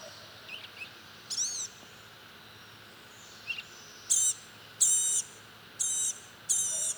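Blue-gray gnatcatcher calls: wheezy, buzzy high notes, a few soft ones early, then four louder nasal calls.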